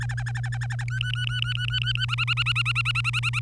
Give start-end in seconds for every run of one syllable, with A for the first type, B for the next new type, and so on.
0.00-0.84 A, 0.88-2.05 B, 2.08-3.39 C